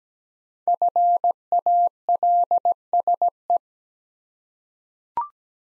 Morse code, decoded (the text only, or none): FALSE